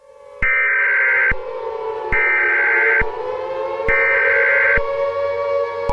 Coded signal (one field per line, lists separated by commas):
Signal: Emergency Alert System (SAME) tones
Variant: header bursts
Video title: EAS scenario #1 Black Hole Traveling Fast